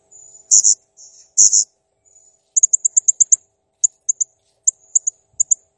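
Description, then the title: Blue-crowned hanging parrot with two harsh buzzy high notes, then a rapid string of sharp ticking chirps slowing into spaced high notes. Masteran tutor recording of a serindit in full, active song ('gacor'), described as clear. "Masteran Burung Serindit Ll Masteran Serindit Gacor Jernih"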